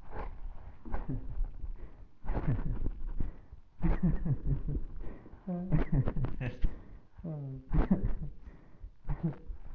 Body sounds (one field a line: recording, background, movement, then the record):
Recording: laughter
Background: quiet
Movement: sitting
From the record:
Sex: male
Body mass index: 20.5 kg/m2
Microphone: on the chest, facing the body